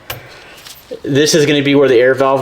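A plastic air line for a Duramax airbag kit is pushed into a push-to-connect tee fitting, giving one sharp click at 0.1 s as the line seats. After a quiet stretch, someone talks.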